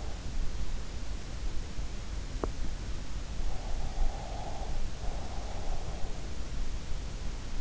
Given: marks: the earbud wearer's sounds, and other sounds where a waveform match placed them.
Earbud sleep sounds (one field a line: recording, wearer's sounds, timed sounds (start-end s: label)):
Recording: sounds in sleep by an in-ear microphone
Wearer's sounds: breath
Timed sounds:
3.89-6.10 s: breath